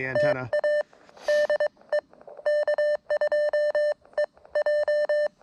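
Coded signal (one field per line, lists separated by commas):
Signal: Morse code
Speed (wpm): 23 wpm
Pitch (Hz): 600 Hz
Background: none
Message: TA DE K2EJ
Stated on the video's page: CW on an Elecraft KX1 four-band kit radio during a park (POTA) activation.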